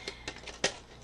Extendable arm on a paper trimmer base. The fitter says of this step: You have an extendable arm. It snaps into place, and there's a little foot here.